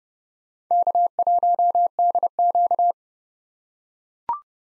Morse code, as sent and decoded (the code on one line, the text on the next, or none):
-.- .---- -.. --.-
K1DQ